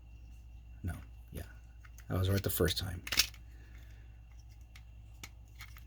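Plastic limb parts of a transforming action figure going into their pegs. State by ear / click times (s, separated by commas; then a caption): partly seated / 5.2 s. Plastic limb parts of a transforming action figure are pushed into their pegs while someone talks, with light plastic handling taps throughout. A weak plastic click is heard at 5.2 s as the parts go in, but they click into place only partly and don't click very well.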